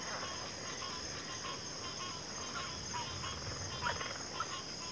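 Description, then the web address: Crickets keep up a continuous shrill high trill throughout, while faint scattered croaks and chirps come and go underneath. Chorus of crickets in a backwater. "WLL Grade 1-12 Pre-Uni Library Natures Songs Sleep Sounds of Nature CRICKETS Backwater Chorus"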